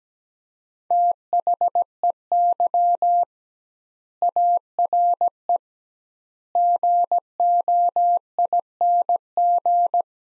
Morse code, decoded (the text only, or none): THEY ARE GOING